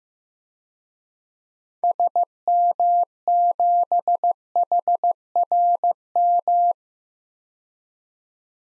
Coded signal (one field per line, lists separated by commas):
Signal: Morse code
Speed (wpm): 15 wpm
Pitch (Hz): 700 Hz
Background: none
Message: SM7HRM